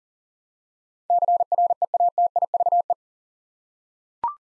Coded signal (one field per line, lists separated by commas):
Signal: Morse code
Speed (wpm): 40 wpm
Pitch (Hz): 700 Hz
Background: none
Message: CREATIVE